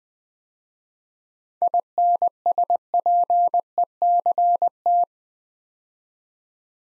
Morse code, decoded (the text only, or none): INSPECT